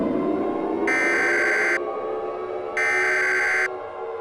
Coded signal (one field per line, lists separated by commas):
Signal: Emergency Alert System (SAME) tones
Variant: header bursts